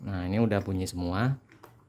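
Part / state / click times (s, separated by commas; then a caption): CPU cooler push pin into motherboard mounting hole / not seated / none. Someone talks while a plastic CPU cooler push pin is handled at a motherboard mounting hole, with a faint short tick near the end. The pin has not seated or clicked yet.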